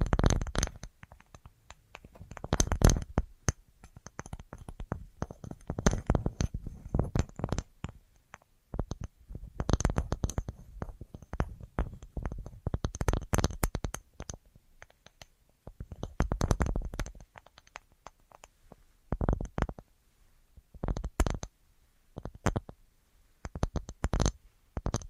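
Tapping on assorted objects comes in quick, irregular bursts of sharp clicks and knocks, some dull and thumping, others crisp and bright. Dense clusters alternate with brief quiet gaps across the whole clip, with occasional scratchy, shuffling sounds mixed in.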